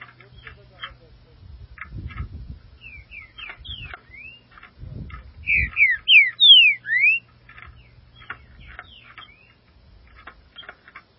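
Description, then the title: Green-winged saltator song of bright, down-slurred whistles building to a loud phrase of four or five notes, with soft chips, faint hum and low knocks. "Trinca Ferro"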